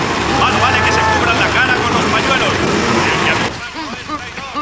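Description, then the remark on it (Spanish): A dense, loud roar of a group of about ten racing motorcycles surging off together at a green-flag race start, raising dust, for a few seconds, then abruptly thinning out as voices talk over the fading engine noise. “Faltaban por salir 190 motos más.”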